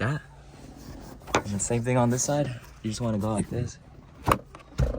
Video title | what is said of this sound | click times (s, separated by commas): DIY Starlight Headliner Install (EASY - FULL TUTORIAL) 2025 | and it will pop out. | 4.3 s